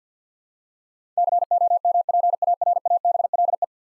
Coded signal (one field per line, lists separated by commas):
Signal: Morse code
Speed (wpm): 50 wpm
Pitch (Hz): 700 Hz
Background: none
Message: COMPARABLE